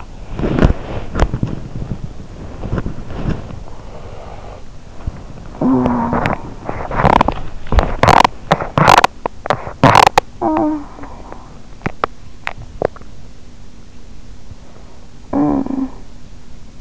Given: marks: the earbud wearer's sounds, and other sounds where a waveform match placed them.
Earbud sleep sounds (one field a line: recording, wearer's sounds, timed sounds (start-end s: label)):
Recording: sounds in sleep by an in-ear microphone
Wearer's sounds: body movement, talking in sleep, teeth grinding, swallowing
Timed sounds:
0.31-3.68 s: body movement
3.62-4.74 s: sound from someone else or the room
5.45-6.82 s: talking in sleep
6.82-7.51 s: teeth grinding
7.71-10.30 s: teeth grinding
10.34-11.50 s: talking in sleep
11.70-13.40 s: swallowing
14.97-16.37 s: talking in sleep